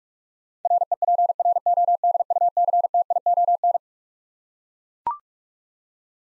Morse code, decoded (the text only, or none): REPRODUCTION